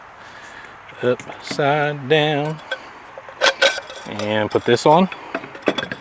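A water filter canister is handled and set toward its head on an RV water filter system while someone talks, with a few short plastic knocks and taps in between. The clip ends before the housing pops into place or is twisted onto the threads, so nothing has seated or clicked yet.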